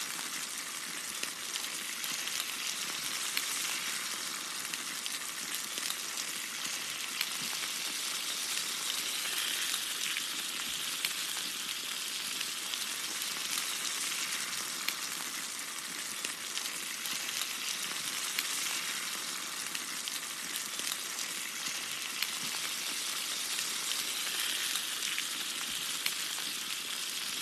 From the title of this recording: Grill Sizzling Food